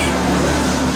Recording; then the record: coughing mixed with background sound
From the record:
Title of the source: Residual Phlegmy Morning Coughing and Gagging